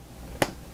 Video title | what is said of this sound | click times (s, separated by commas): E-flite F-16 70mm BNF Unbox, Assembly, Setup & Flying clips By: RCINFORMER | it snaps into place and these two little hooks hold this thing in place | 0.4 s